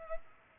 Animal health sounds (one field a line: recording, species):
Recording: mosquito wingbeat signal from an infrared sensor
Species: Culex pipiens